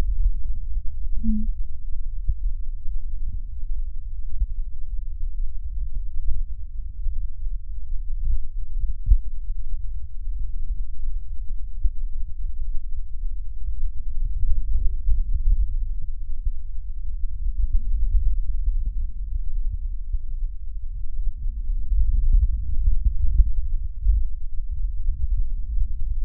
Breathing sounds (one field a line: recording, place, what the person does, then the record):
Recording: lung sounds by stethoscope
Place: left anterior apical chest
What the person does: quiet breathing, then deep breathing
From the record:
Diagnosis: asthma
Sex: female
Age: 56 years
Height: 161 cm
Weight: 85 kg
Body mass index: 32.8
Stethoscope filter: bell mode